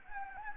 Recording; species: mosquito wingbeat signal from an infrared sensor; Anopheles gambiae